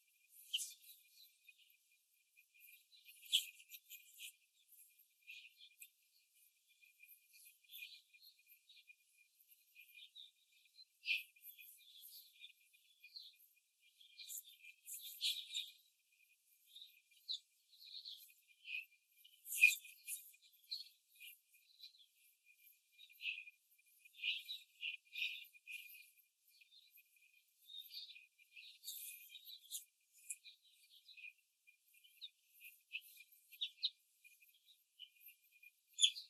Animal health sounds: young laying hens in a cage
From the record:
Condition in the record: control cage, before the stress test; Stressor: none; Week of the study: 4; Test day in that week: 1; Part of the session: 2

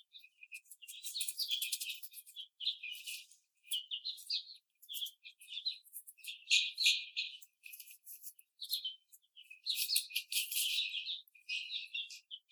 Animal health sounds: young laying hens in a cage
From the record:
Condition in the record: after the stressor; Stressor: simulated dog barking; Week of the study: 4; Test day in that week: 2

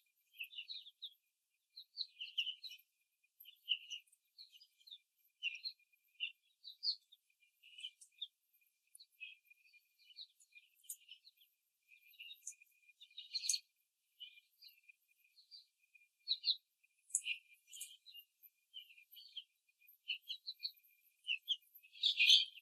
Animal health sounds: young laying hens in a cage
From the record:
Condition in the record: after the stressor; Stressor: simulated dog barking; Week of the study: 3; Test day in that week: 1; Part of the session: 4

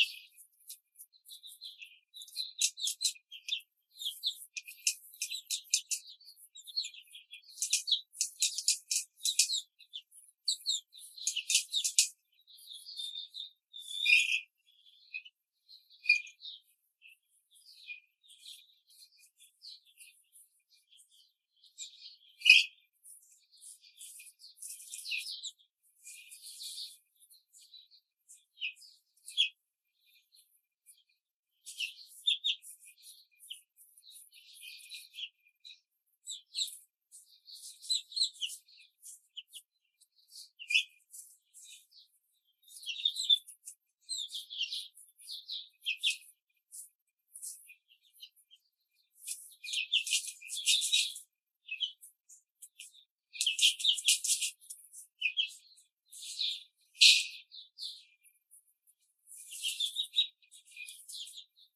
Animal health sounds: young laying hens in a cage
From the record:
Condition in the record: control cage, before the stress test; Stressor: none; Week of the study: 4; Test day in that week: 3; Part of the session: 3

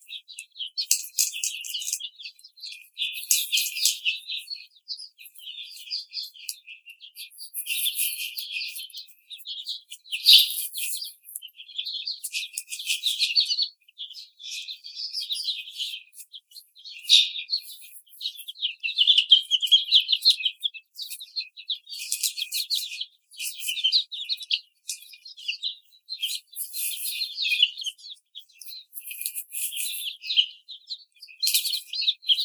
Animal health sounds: young laying hens in a cage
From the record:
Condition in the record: treatment cage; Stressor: simulated dog barking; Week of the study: 5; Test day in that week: 1

